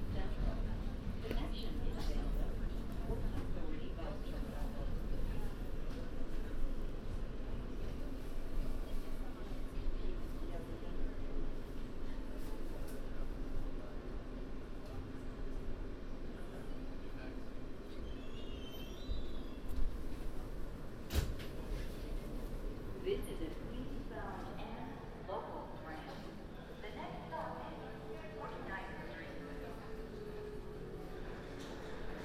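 Binaural commute recording: steady low train rumble with voices, a sharp click near 21 seconds, then quieter rattling and scattered chatter.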